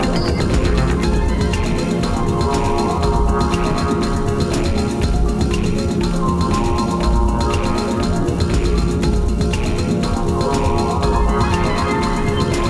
Pericardial friction rub. When inflamed pericardial surfaces rub together, they produce characteristic high-pitched friction noises called rubs.